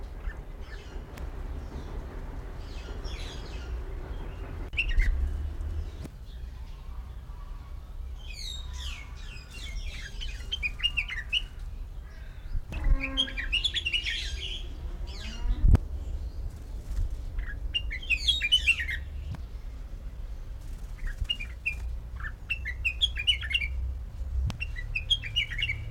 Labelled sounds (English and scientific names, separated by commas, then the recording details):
Yellow-vented Bulbul (Pycnonotus goiavier)
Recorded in captivity
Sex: male
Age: adult
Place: Zoo Berlin, Berlin, DE
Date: 1994-07-16 10:44
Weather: sonnig, 22-26°C
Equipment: Marantz CP 430, Sennheiser ME 80, Kopie Uher Variocord 263
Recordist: Tembrock, Günter